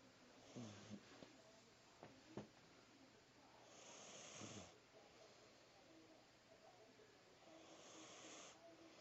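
Soft, breathy, noisy snores come about every four seconds, roughly 15 breaths a minute, with a few faint clicks between them. This is a sleeping cat snoring.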